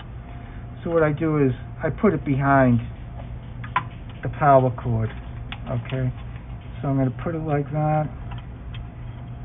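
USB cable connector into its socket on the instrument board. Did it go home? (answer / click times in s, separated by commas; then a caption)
yes / 8.3 s, 8.8 s. A USB cable connector is pressed into its socket on the instrument's motherboard while someone talks, with a sharp click at 3.8 s. The connector snaps home with small clicks at 8.3 s and 8.8 s, seating it with a good connection.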